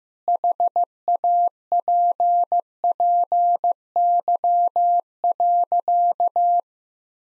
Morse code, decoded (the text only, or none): HAPPY.